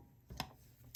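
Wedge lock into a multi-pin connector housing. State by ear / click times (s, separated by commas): seated / 0.4 s, 0.9 s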